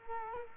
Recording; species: mosquito wingbeat signal from an infrared sensor; Culex quinquefasciatus